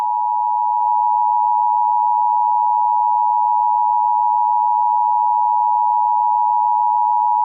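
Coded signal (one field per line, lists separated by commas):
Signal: Emergency Alert System (SAME) tones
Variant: 853 and 960 Hz attention tone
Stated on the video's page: Mock EAS Severe Thunderstorm Warning for a fictional place, a remake made with EAS Maker software.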